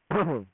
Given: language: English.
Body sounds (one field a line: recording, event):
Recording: throat vibration sensor signal played as sound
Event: throat clearing